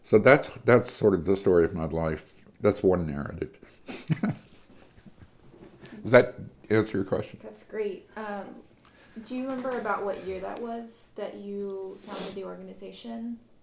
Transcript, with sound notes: So that's sort of the story of my life. That's one narrative. [laughter] Does that answer your question?
That's great. Do you remember about what year that was, that you founded the organization?